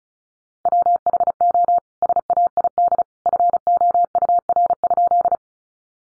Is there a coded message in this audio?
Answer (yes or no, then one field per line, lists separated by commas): yes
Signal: Morse code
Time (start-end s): 0.7-5.4 s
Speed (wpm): 34 wpm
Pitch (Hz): 700 Hz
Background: none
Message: WHO SAID FOUR?